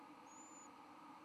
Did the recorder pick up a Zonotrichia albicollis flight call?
no